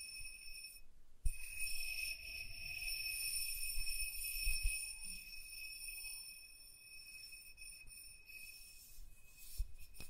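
Soft tracing over a surface makes a quiet, steady rubbing hiss with a few light taps, a bright faint tone ringing throughout.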